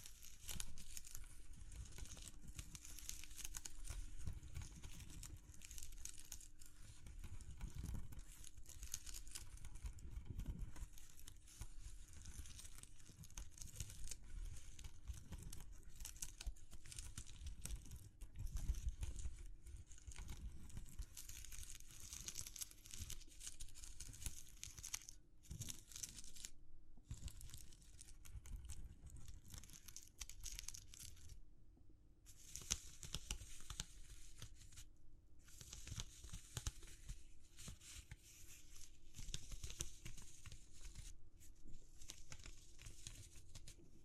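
Textured handling sounds continue throughout, with dense crinkling and crumpling in the bright upper range over a rumbling low layer that swells and fades. A steady low hum runs underneath. Several abrupt brief silences cut in between about 25 and 36 seconds.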